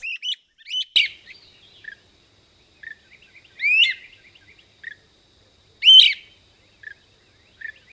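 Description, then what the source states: Great crested flycatcher calls: several loud, rising, whistled wheep notes, with softer short chips and notes scattered between them. Recorded June 2008.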